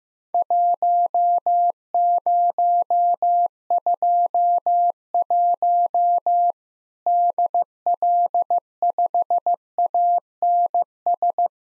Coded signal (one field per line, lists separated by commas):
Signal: Morse code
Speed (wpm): 16 wpm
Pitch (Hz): 700 Hz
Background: none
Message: 1021 DL5ANS